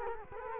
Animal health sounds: mosquito wingbeat signal from an infrared sensor; Culex quinquefasciatus

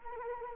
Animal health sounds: mosquito wingbeat signal from an infrared sensor; Anopheles arabiensis

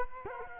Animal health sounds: mosquito wingbeat signal from an infrared sensor; Culex quinquefasciatus

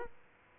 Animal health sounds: mosquito wingbeat signal from an infrared sensor; Aedes aegypti

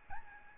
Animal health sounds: mosquito wingbeat signal from an infrared sensor; Aedes albopictus

